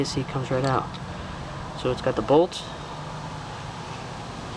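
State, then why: Not seated. Someone talks while handling the XLX2 speed controller from a Traxxas X-Maxx RC truck, which has a bolt acting as a key for a keyway cut in the plastic chassis so it drops down and locks in place. A steady low background hum runs under the speech. Nothing has seated or clicked yet.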